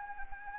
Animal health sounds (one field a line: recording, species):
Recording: mosquito wingbeat signal from an infrared sensor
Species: Anopheles gambiae